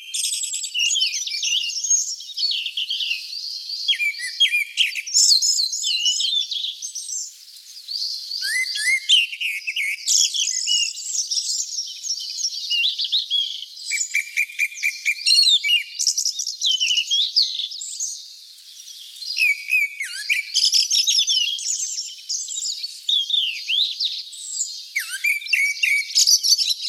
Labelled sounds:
Grey-backed Thrush song

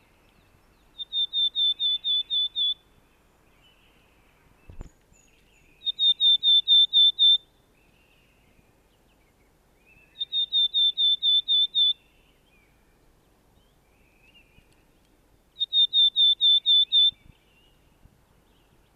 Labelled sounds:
Willow Tit song

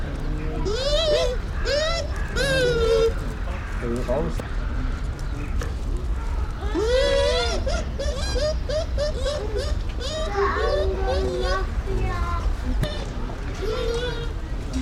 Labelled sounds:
Bush Dog

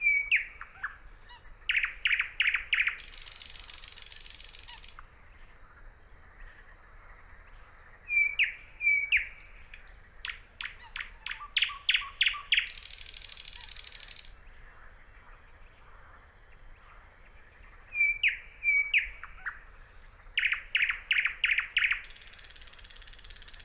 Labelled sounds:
Thrush Nightingale song

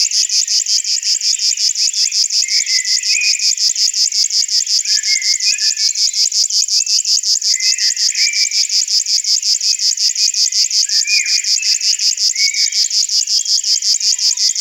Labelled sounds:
River Warbler song

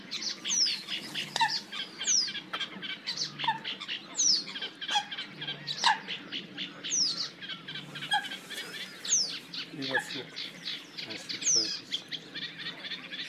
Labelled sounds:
Red-necked Grebe call

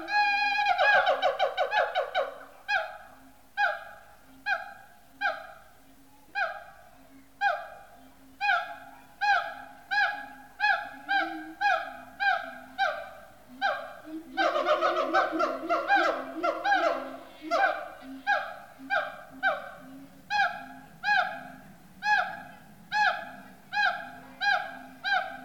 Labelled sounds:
Siamang

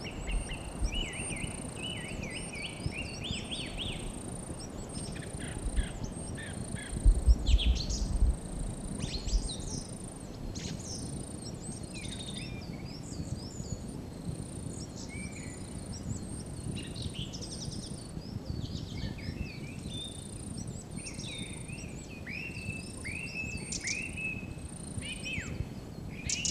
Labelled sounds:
Song Thrush song

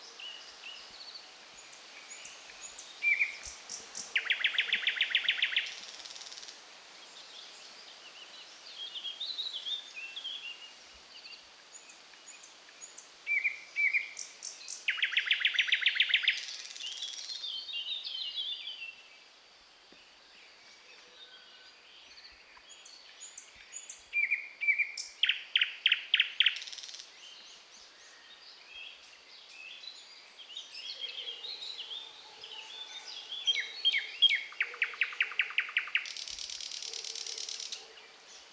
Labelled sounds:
Thrush Nightingale song

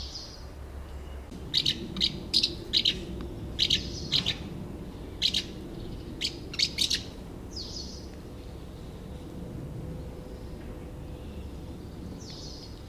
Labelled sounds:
Common House Martin

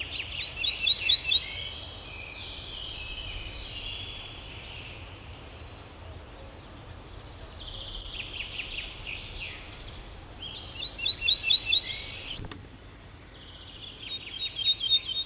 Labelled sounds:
Ortolan Bunting song

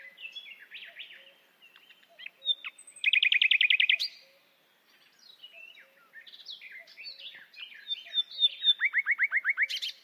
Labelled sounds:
Common Nightingale song

